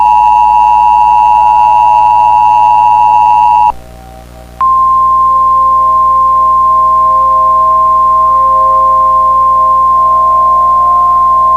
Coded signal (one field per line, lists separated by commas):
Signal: Emergency Alert System (SAME) tones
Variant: 853 and 960 Hz attention tone